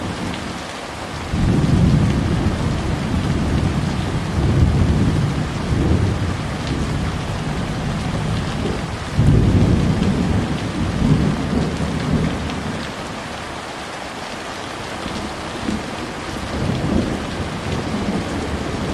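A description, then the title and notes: Steady rain hisses throughout while deep rolls of thunder rumble in waves, the strongest around two to six seconds and again near nine to twelve seconds. The thunder sounds low and drawn out, easing off toward the end with a smaller rumble near seventeen seconds. Thunder and Rain. Authentic thunderstorm sounds.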